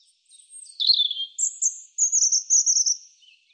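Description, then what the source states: European robin sings a thin high note, a descending warble, then a long, very high, shimmering trill that fades at the end; nothing else audible. Audio cleaned and normalized.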